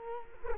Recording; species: mosquito wingbeat signal from an infrared sensor; Culex quinquefasciatus